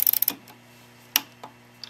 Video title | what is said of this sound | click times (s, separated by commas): Motorycle Cylinder Head Engine installing | You can hear a little click the torque wrench makes when it reaches the proper torque, but that's where we stop. | 1.2 s